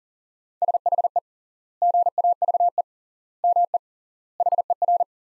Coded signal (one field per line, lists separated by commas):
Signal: Morse code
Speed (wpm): 40 wpm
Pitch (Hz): 700 Hz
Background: none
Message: SHE GAVE ME HER